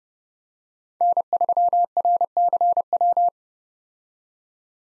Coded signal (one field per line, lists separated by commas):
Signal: Morse code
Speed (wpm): 30 wpm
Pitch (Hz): 700 Hz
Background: none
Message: N3RCW